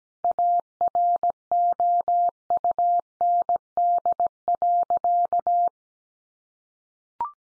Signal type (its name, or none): Morse code